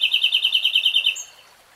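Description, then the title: Nightingale song: a fast run of about eleven identical chirping notes in just over a second, ending with a brief high note, then quiet. "[Tiếng chim hót] 3 Hours REALTIME Nightingale Singing"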